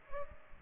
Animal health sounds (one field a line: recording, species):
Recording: mosquito wingbeat signal from an infrared sensor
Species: Aedes aegypti